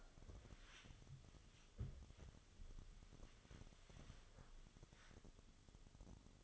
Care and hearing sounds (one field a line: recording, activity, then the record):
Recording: daily activity, microphone in the room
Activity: wipe stove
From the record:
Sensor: 4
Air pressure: 1005.7 hPa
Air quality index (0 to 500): 101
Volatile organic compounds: 2 ppm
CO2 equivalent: 1250 ppm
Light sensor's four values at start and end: 11/26/10/10 and 12/26/10/10